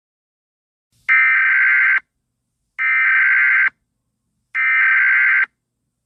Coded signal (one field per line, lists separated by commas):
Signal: Emergency Alert System (SAME) tones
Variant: header bursts